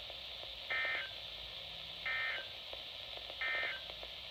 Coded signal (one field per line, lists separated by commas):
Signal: Emergency Alert System (SAME) tones